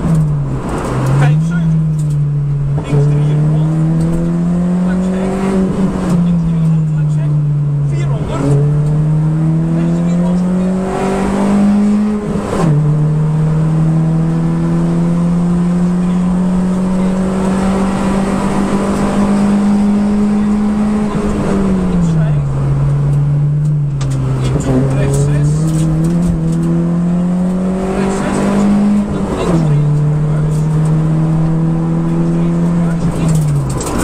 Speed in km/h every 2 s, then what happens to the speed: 70, 68, 82, 63, 71, 89, 98, 109, 119, 126, 118, 64, 63, 81, 90, 101, 93.
2-4 speeds up to 82. 4-7 brakes to 63. 7-18 speeds up to 126. 18-22 brakes to 64. 24-30 speeds up to 101. 30-34 slows to 93.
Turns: none.